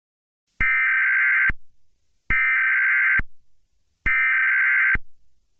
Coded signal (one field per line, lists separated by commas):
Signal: Emergency Alert System (SAME) tones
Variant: header bursts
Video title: May Fire Quell Fury|An EAS Scenario